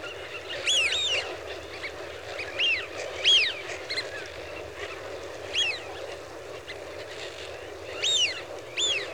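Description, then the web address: Eurasian wigeon whistles, clear rising-then-falling whee-oo calls given in spaced bursts over a soft constant background hiss. A flock of wigeon. "The BBC Sound Effects Library. Wigeon (Anas Penelope) Flock"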